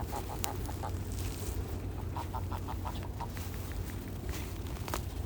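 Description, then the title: Goose honks: faint short nasal calls in scattered runs, over a steady low rumble and broad background noise. Several geese on snow, recorded 16 December. "Geese-on-Snow-16 th-Dec"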